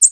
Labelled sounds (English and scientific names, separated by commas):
American Redstart (Setophaga ruticilla) flight call